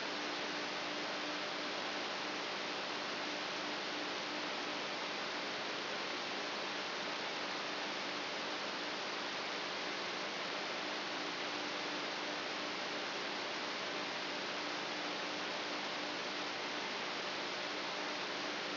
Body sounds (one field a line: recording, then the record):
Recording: brain microelectrode recording played as sound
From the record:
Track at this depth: inside the subthalamic nucleus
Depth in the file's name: 8.137 mm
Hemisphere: left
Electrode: 3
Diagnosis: Parkinson's disease